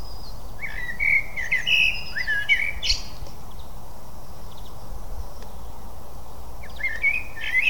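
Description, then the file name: Eurasian blackbird singing two mellow warbled phrases, the first rising into a squeaky twitter near three seconds, the second brief near the end, over constant low rumble. "Turdus merula"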